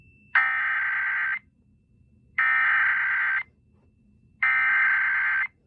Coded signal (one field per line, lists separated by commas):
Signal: Emergency Alert System (SAME) tones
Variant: header bursts